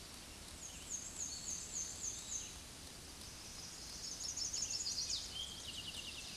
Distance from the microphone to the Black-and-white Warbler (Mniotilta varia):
about 50 m